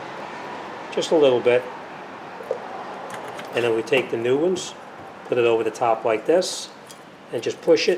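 A new metal brake pad abutment clip for a Mitsubishi Galant's rear brakes is placed over the top of the lubricated caliper bracket while someone talks. The clip has not been pushed home, and nothing has seated or clicked yet.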